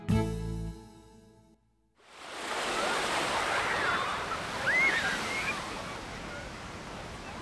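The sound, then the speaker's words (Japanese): A brief tonal sound fades into a short silence, then a steady, hissing wash of summer ocean waves rolls onto a beach under a blue sky and continues without a break, rising and easing slightly. “空は青空、水平線には入道雲、どこまでも広がる夏の海。”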